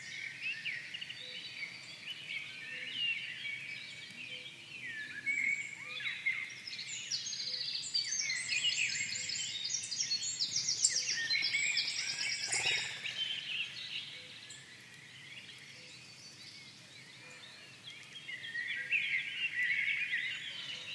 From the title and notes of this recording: A soundscape of forest recordings from the Music for Sleep project, including. Forest soundscape.